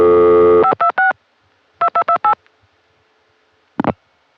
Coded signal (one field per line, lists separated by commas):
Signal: DTMF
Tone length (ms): 80 ms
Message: 526 2228